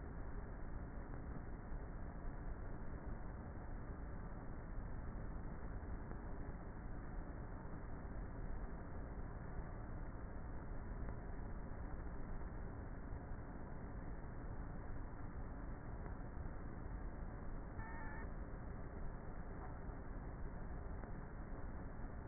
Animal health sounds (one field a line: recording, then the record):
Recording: honeybee colony, microphone inside the hive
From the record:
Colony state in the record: queenless with a low population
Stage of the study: before two queens were removed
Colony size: about 30,000 bees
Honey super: no